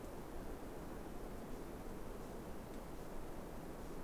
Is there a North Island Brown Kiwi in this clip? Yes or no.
no